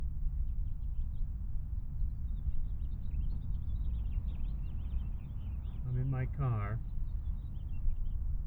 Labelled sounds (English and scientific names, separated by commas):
House Finch (Haemorhous mexicanus) song